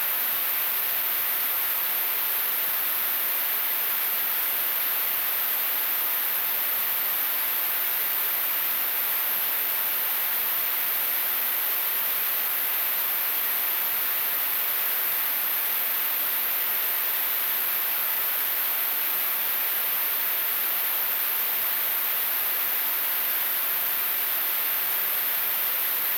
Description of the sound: Tinnitus.